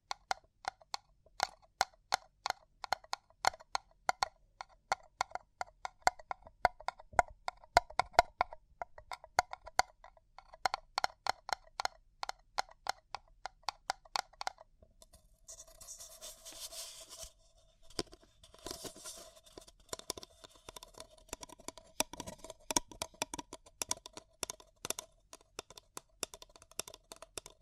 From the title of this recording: Paper Cup Tingles